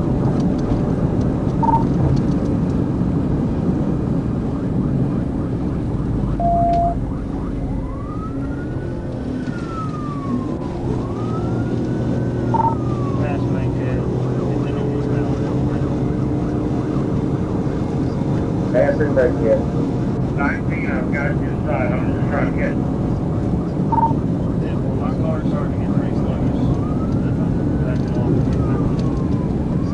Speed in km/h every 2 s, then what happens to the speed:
222, 224, 209, 179, 164, 172, 182, 192, 196, 203, 204, 206, 209, 211, 212.
0-7 brakes to 164. 7-30 speeds up to 212.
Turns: none.